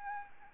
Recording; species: mosquito wingbeat signal from an infrared sensor; Aedes albopictus